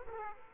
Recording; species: mosquito wingbeat signal from an infrared sensor; Aedes aegypti